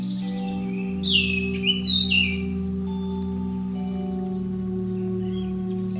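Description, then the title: Songbird twittering: a brief burst of quick high chirps and downward-sliding whistles, with a constant low hum underneath. "SuaraBurung Kicau"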